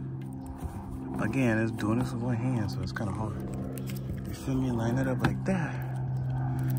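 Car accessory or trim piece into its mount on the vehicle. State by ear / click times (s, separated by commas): not seated / none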